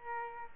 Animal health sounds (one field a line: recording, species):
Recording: mosquito wingbeat signal from an infrared sensor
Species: Aedes albopictus